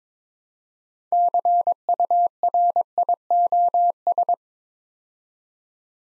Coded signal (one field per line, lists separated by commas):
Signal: Morse code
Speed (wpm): 22 wpm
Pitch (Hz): 700 Hz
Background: none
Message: CURIOS